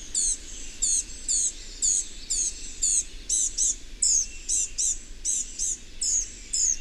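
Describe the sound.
Bird repeating high, sharp chirps roughly twice per second, some notes slightly varied in pitch, over low steady background noise.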